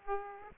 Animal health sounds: mosquito wingbeat signal from an infrared sensor; Aedes aegypti

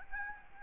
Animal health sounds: mosquito wingbeat signal from an infrared sensor; Aedes albopictus

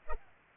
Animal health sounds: mosquito wingbeat signal from an infrared sensor; Culex pipiens

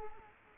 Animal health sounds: mosquito wingbeat signal from an infrared sensor; Culex quinquefasciatus

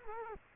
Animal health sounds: mosquito wingbeat signal from an infrared sensor; Culex quinquefasciatus

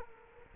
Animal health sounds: mosquito wingbeat signal from an infrared sensor; Culex quinquefasciatus

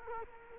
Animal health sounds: mosquito wingbeat signal from an infrared sensor; Culex quinquefasciatus

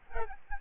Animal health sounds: mosquito wingbeat signal from an infrared sensor; Aedes albopictus

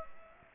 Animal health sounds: mosquito wingbeat signal from an infrared sensor; Aedes aegypti

